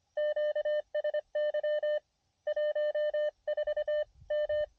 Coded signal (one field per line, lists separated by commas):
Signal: Morse code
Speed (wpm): 24 wpm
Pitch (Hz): 600 Hz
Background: none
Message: QSY 14 M